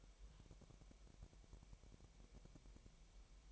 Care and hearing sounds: daily activity, microphone in the room; take from stove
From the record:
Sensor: 1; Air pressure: 1002.0 hPa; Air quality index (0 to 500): 247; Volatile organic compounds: 51 ppm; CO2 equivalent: 3308 ppm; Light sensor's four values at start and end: 5/13/5/6 and 6/13/5/6

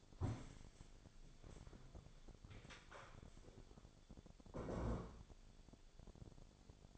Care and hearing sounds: daily activity, microphone in the room; stand up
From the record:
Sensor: 5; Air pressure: 1000.6 hPa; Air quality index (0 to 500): 144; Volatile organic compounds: 2 ppm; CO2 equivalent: 1120 ppm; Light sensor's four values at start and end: 46/108/45/47 and 47/109/45/48

